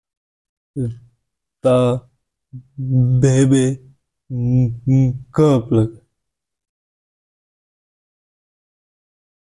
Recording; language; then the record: elicited speech; Bengali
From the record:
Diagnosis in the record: Broca's or global aphasia after a stroke